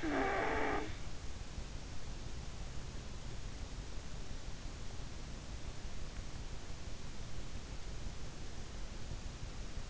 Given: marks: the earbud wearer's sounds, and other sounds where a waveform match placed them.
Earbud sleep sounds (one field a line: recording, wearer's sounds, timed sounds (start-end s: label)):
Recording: sounds in sleep by an in-ear microphone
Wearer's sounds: snoring breath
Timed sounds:
0.00-0.94 s: snoring breath